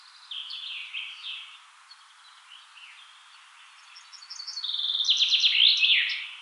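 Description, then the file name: Common chaffinch song, the tail of one phrase at the start, a quiet gap, then a full cascading trill ending in a flourish. "Fringilla coelebs"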